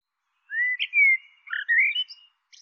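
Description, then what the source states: Bird calling with one quick phrase of slurred whistled notes, a rising slide, a clear downward whistle, then brighter chirps, on a silent background. Call labelled "Tu Me Tu Me".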